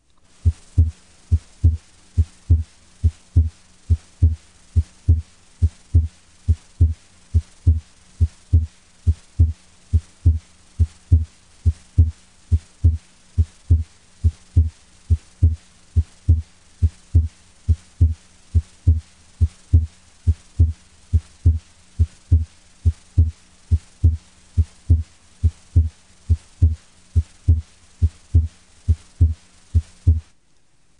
Increased intensity of A2. The intensity of A2 increases when diastolic pressure in the aorta increases. This happens during exercise, states of excitement, and in hyperkinetic conditions.